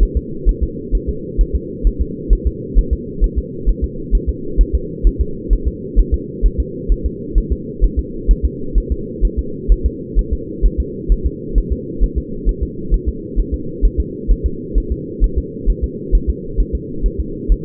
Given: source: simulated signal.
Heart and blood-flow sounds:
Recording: fetal heart sounds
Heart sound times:
0.03 s: S1
0.17 s: S2
0.49 s: S1
0.63 s: S2
0.95 s: S1
1.09 s: S2
1.41 s: S1
1.55 s: S2
1.87 s: S1
2.02 s: S2
2.33 s: S1
2.47 s: S2
2.78 s: S1
2.93 s: S2
3.24 s: S1
3.38 s: S2
3.69 s: S1
3.84 s: S2
4.15 s: S1
4.29 s: S2
4.61 s: S1
4.75 s: S2
5.07 s: S1
5.21 s: S2
5.53 s: S1
5.68 s: S2
5.99 s: S1
6.14 s: S2
6.46 s: S1
6.60 s: S2
6.92 s: S1
7.06 s: S2
7.38 s: S1
7.52 s: S2
7.84 s: S1
7.99 s: S2
8.31 s: S1
8.45 s: S2
8.78 s: S1
8.92 s: S2
9.25 s: S1
9.39 s: S2
9.72 s: S1
9.86 s: S2
10.19 s: S1
10.33 s: S2
10.66 s: S1
10.80 s: S2
11.12 s: S1
11.26 s: S2
11.58 s: S1
11.72 s: S2
12.04 s: S1
12.18 s: S2
12.49 s: S1
12.63 s: S2
12.94 s: S1
13.08 s: S2
13.39 s: S1
13.54 s: S2
13.85 s: S1
14.00 s: S2
14.31 s: S1
14.46 s: S2
14.78 s: S1
14.92 s: S2
15.24 s: S1
15.38 s: S2
15.70 s: S1
15.84 s: S2
16.15 s: S1
16.30 s: S2
16.60 s: S1
16.75 s: S2
17.06 s: S1
17.20 s: S2
17.52 s: S1
From the record:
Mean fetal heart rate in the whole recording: 130 bpm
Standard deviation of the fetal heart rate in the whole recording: 2 bpm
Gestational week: 36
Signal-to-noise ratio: -4.3 dB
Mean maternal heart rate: 72 bpm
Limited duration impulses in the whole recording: absent

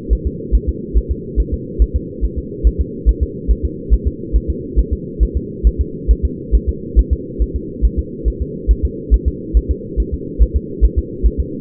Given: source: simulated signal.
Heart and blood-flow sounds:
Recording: fetal heart sounds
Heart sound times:
0.13 s: S1
0.27 s: S2
0.55 s: S1
0.69 s: S2
0.97 s: S1
1.11 s: S2
1.40 s: S1
1.54 s: S2
1.82 s: S1
1.96 s: S2
2.24 s: S1
2.39 s: S2
2.67 s: S1
2.81 s: S2
3.09 s: S1
3.23 s: S2
3.51 s: S1
3.65 s: S2
3.94 s: S1
4.08 s: S2
4.36 s: S1
4.50 s: S2
4.79 s: S1
4.93 s: S2
5.23 s: S1
5.37 s: S2
5.67 s: S1
5.81 s: S2
6.11 s: S1
6.25 s: S2
6.55 s: S1
6.69 s: S2
6.99 s: S1
7.13 s: S2
7.42 s: S1
7.56 s: S2
7.85 s: S1
7.99 s: S2
8.28 s: S1
8.42 s: S2
8.71 s: S1
8.85 s: S2
9.14 s: S1
9.28 s: S2
9.57 s: S1
9.71 s: S2
10.00 s: S1
10.14 s: S2
10.42 s: S1
10.56 s: S2
10.85 s: S1
10.98 s: S2
11.26 s: S1
11.40 s: S2
From the record:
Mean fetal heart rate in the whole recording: 140 bpm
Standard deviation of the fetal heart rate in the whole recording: 2 bpm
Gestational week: 34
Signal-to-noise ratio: -4.1 dB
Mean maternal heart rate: no maternal heart sound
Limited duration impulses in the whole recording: absent

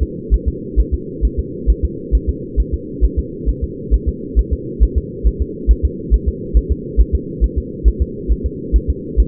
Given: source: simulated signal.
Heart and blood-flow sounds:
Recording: fetal heart sounds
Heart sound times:
0.03 s: S2
0.34 s: S1
0.48 s: S2
0.80 s: S1
0.94 s: S2
1.25 s: S1
1.39 s: S2
1.70 s: S1
1.85 s: S2
2.15 s: S1
2.29 s: S2
2.60 s: S1
2.74 s: S2
3.05 s: S1
3.19 s: S2
3.49 s: S1
3.64 s: S2
3.94 s: S1
4.09 s: S2
4.39 s: S1
4.53 s: S2
4.83 s: S1
4.98 s: S2
5.27 s: S1
5.42 s: S2
5.71 s: S1
5.85 s: S2
6.14 s: S1
6.29 s: S2
6.57 s: S1
6.72 s: S2
7.00 s: S1
7.15 s: S2
7.44 s: S1
7.58 s: S2
7.88 s: S1
8.02 s: S2
8.32 s: S1
8.46 s: S2
8.76 s: S1
8.90 s: S2
9.20 s: S1
From the record:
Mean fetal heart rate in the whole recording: 135 bpm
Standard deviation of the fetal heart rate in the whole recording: 3 bpm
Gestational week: 34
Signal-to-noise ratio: -4.1 dB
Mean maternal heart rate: no maternal heart sound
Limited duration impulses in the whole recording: absent

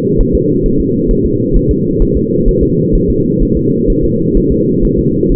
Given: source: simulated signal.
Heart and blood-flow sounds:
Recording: fetal heart sounds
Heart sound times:
0.21 s: S1
0.35 s: S2
0.66 s: S1
0.80 s: S2
1.11 s: S1
1.26 s: S2
1.56 s: S1
1.71 s: S2
2.02 s: S1
2.17 s: S2
2.49 s: S1
2.63 s: S2
2.95 s: S1
3.10 s: S2
3.42 s: S1
3.57 s: S2
3.90 s: S1
4.04 s: S2
4.37 s: S1
4.52 s: S2
4.85 s: S1
4.99 s: S2
5.32 s: S1
From the record:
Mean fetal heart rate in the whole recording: 130 bpm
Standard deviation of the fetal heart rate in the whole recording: 4 bpm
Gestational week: 38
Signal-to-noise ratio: -11.2 dB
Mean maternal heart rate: 72 bpm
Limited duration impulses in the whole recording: present

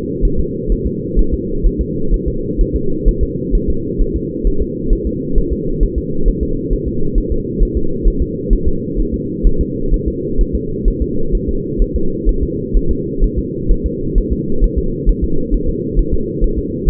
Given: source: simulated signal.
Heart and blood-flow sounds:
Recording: fetal heart sounds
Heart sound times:
0.25 s: S1
0.40 s: S2
0.72 s: S1
0.87 s: S2
1.19 s: S1
1.34 s: S2
1.66 s: S1
1.81 s: S2
2.14 s: S1
2.28 s: S2
2.61 s: S1
2.76 s: S2
3.08 s: S1
3.23 s: S2
3.55 s: S1
3.70 s: S2
4.01 s: S1
4.16 s: S2
4.47 s: S1
4.62 s: S2
4.93 s: S1
5.07 s: S2
5.38 s: S1
5.52 s: S2
5.83 s: S1
5.98 s: S2
6.28 s: S1
6.43 s: S2
6.73 s: S1
6.88 s: S2
7.18 s: S1
7.32 s: S2
7.62 s: S1
7.77 s: S2
8.08 s: S1
8.22 s: S2
8.53 s: S1
8.68 s: S2
9.00 s: S1
9.14 s: S2
9.47 s: S1
9.61 s: S2
9.94 s: S1
10.08 s: S2
10.41 s: S1
10.55 s: S2
10.88 s: S1
11.02 s: S2
11.35 s: S1
11.49 s: S2
11.82 s: S1
11.96 s: S2
12.29 s: S1
12.43 s: S2
12.77 s: S1
12.91 s: S2
13.24 s: S1
13.39 s: S2
13.71 s: S1
13.86 s: S2
14.18 s: S1
14.33 s: S2
14.64 s: S1
14.79 s: S2
15.09 s: S1
15.24 s: S2
15.54 s: S1
15.69 s: S2
15.99 s: S1
16.14 s: S2
16.44 s: S1
16.59 s: S2
16.89 s: S1
From the record:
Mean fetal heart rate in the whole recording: 130 bpm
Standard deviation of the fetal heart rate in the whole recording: 2 bpm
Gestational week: 38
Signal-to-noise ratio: -8.1 dB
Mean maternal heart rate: 72 bpm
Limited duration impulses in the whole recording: absent

